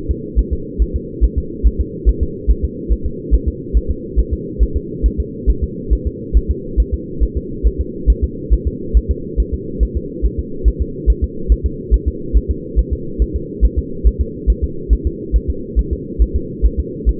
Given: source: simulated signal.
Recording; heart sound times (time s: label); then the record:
fetal heart sounds
0.11 s: S2
0.39 s: S1
0.53 s: S2
0.82 s: S1
0.96 s: S2
1.24 s: S1
1.38 s: S2
1.67 s: S1
1.81 s: S2
2.09 s: S1
2.23 s: S2
2.51 s: S1
2.65 s: S2
2.92 s: S1
3.06 s: S2
3.34 s: S1
3.48 s: S2
3.77 s: S1
3.91 s: S2
4.19 s: S1
4.33 s: S2
4.63 s: S1
4.77 s: S2
5.06 s: S1
5.20 s: S2
5.50 s: S1
5.64 s: S2
5.93 s: S1
6.07 s: S2
6.37 s: S1
6.51 s: S2
6.80 s: S1
6.94 s: S2
7.23 s: S1
7.37 s: S2
7.67 s: S1
7.81 s: S2
8.10 s: S1
8.24 s: S2
8.54 s: S1
8.68 s: S2
8.97 s: S1
9.11 s: S2
9.40 s: S1
9.54 s: S2
9.83 s: S1
9.97 s: S2
10.25 s: S1
10.40 s: S2
10.68 s: S1
10.82 s: S2
11.10 s: S1
11.24 s: S2
11.52 s: S1
11.66 s: S2
11.94 s: S1
12.08 s: S2
12.37 s: S1
12.51 s: S2
12.79 s: S1
12.93 s: S2
13.22 s: S1
13.36 s: S2
13.65 s: S1
13.79 s: S2
14.07 s: S1
14.21 s: S2
14.50 s: S1
14.64 s: S2
14.93 s: S1
15.07 s: S2
15.36 s: S1
15.50 s: S2
15.79 s: S1
15.93 s: S2
16.22 s: S1
16.36 s: S2
16.66 s: S1
16.80 s: S2
17.09 s: S1
From the record:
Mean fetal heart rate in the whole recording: 140 bpm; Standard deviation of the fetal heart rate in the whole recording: 2 bpm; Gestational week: 34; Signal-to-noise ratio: -4.3 dB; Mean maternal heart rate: 72 bpm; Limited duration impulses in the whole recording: absent